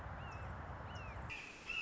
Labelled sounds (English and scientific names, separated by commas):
Red-shouldered Hawk (Buteo lineatus)